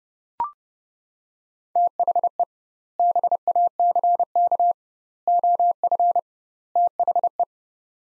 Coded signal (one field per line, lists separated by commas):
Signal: Morse code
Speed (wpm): 30 wpm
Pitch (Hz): 700 Hz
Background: none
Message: THE BACK OF THE